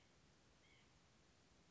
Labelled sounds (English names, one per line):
White-breasted Nuthatch